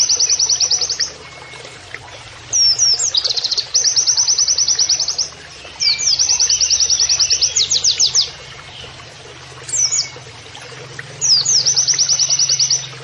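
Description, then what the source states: White-eye delivering repeated bursts of high, even trills, some opening with slurred notes, with quiet gaps between. Training (masteran) recording of a persistently singing (gacor) white-eye, with canary-like phrases (nembak kenarian).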